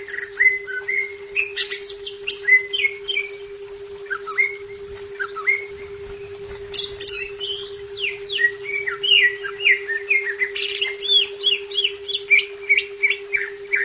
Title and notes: Cucak Ijo